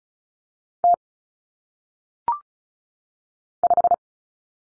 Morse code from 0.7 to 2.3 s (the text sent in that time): T